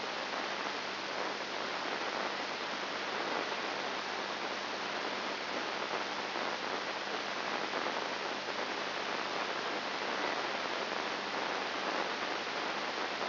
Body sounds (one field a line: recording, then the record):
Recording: brain microelectrode recording played as sound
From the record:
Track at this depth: inside the subthalamic nucleus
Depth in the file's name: 3.101 mm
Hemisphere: left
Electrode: 2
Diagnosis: Parkinson's disease